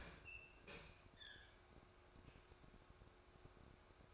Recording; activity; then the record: daily activity, microphone in the room; open fridge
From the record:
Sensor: 2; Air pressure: 1004.4 hPa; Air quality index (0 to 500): 185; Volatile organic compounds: 10 ppm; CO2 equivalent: 2220 ppm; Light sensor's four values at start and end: 4/10/4/4 and 4/10/4/4